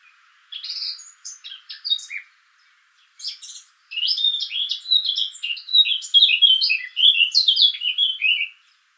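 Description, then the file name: Eurasian blackcap with a scratchy warble at first, then after a short pause a sustained, loud, melodious run of clear fluting whistles. "Sylvia atricapilla"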